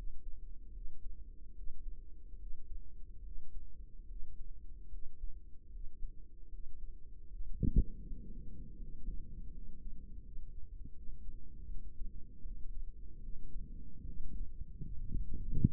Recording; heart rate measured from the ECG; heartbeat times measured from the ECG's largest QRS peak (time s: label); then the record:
heart sounds by microphone in the right ear; 76 bpm
0.70 s: heartbeat
1.52 s: heartbeat
2.36 s: heartbeat
3.21 s: heartbeat
4.05 s: heartbeat
4.87 s: heartbeat
5.69 s: heartbeat
6.48 s: heartbeat
7.26 s: heartbeat
8.03 s: heartbeat
8.78 s: heartbeat
9.50 s: heartbeat
10.21 s: heartbeat
10.92 s: heartbeat
11.65 s: heartbeat
12.41 s: heartbeat
13.18 s: heartbeat
14.03 s: heartbeat
14.94 s: heartbeat
From the record:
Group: healthy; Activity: Valsalva maneuver 0-8 s, rest 8-16 s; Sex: female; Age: 32 years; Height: 172 cm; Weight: 71.7 kg